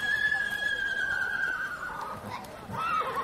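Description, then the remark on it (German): A horse in a stable neighs in one long, loud whinny that slides gradually downward in pitch, with a brief rising flourish near the end and faint background noise. “sodass wir hier im Prinzip jetzt gerade 7 Pferde in der Maschine haben”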